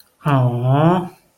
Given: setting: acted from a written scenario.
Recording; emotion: vocal sound without words; adoration